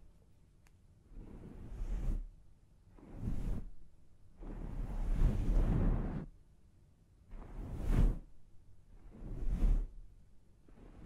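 Hair washing and scalp massage: soft, rubbing swishes come in waves, about five strokes over the stretch, each swelling and fading over one to two seconds. The longest rub runs in the middle. Between strokes it drops to near quiet with a low steady hum.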